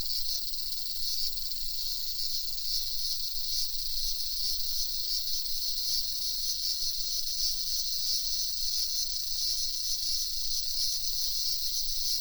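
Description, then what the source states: Cicadas producing an even high hiss that runs without pause, over a steady low background rumble. Several cicadas.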